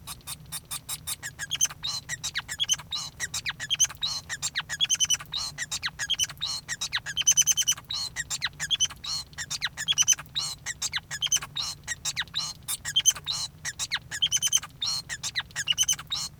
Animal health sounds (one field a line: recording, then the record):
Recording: song of a male Bengalese finch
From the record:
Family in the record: son of father 5